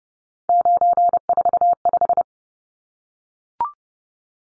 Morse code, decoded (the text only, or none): 945